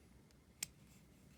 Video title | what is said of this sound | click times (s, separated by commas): How to disassemble and maintain the Protech Magic 2 Automatic Knife | everything is popped into place | 0.6 s